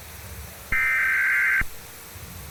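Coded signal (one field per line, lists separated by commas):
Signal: Emergency Alert System (SAME) tones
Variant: header bursts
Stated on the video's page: Simulated alert in an analog horror radio drama set in a radio station; not AI generated.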